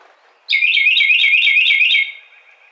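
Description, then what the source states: Carolina wren: a loud trill of quickly repeated notes lasting about one and a half seconds, then quiet. Recorded 30 April 2009.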